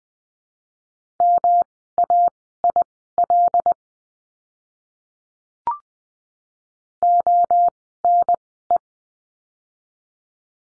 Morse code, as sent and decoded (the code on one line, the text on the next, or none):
-- .- .. .-.. / --- -. .
MAIL ONE